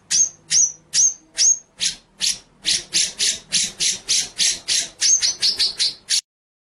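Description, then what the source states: White-rumped shama song opening with clear whistled notes, followed by a steady series of many harsh rasping notes, with more whistles mixed in near the end. Masteran (training) track of full song featuring the 'ngerol' rolling and 'nembak' shooting song styles.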